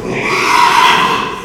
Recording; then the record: squeal of a Yucatan mini pig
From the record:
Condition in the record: after surgery on the right vocal fold (resection and tissue-engineered implant); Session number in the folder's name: 1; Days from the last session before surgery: 6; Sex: male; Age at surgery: 12 weeks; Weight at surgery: 13 kg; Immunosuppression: cyclosporine, prednisolone